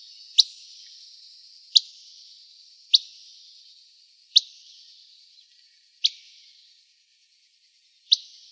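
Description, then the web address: Buff-breasted flycatcher calls, crisp clicking pit notes spaced about one to two seconds apart over a thin, high insect drone. Calls recorded in Arizona on 3 August 2006. "Flycatchers AZFO BBFL CALLS deviche. 060803"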